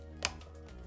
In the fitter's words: that, and it locks into place.